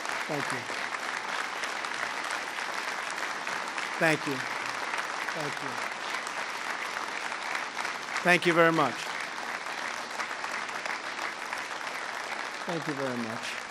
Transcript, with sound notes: Thank you. Thank you. Thank you. (Applause.) Thank you very much. Thank you very much.